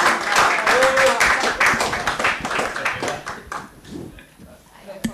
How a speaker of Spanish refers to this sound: Entonces cerramos, les agradecemos nuevamente y ahora volvemos a aplaudir.